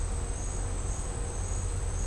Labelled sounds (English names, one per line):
none